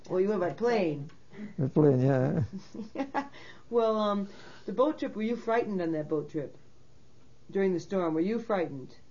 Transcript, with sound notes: Well, you went by plane.
By plane, yeah.
( she laughs ) Well, the boat, were you frightened on that boat trip, during the storm? Were you frightened?